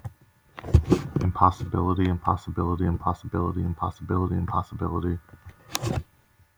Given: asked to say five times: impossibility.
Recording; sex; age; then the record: repeated word; male; 20 to 29 years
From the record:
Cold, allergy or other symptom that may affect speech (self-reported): no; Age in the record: 26 years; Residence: United States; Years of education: 16